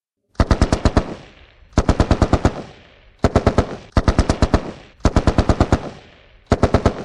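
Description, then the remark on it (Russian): A Degtyaryov (DPM) light machine gun with a disc magazine fires six short, loud bursts of about five to seven rapid shots each, with brief pauses between bursts and no voices, the bullets passing over sandbags and vehicles. “Гоблин все понял и дал 3 очереди из дегтяря.”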